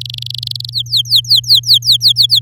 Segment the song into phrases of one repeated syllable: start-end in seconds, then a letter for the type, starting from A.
0.00-0.70 A, 0.72-2.40 B